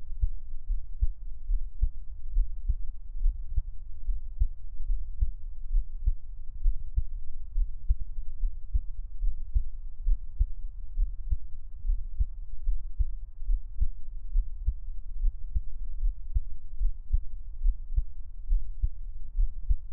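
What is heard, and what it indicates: Steady, regular low heartbeat thumps at about 78 beats a minute from an adult's own heart, recorded close up for ASMR with no talking, over a soft background hum.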